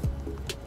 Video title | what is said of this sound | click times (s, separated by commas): 2020 Nissan Rogue Trailer Wiring Installation | second one click okay | 0.5 s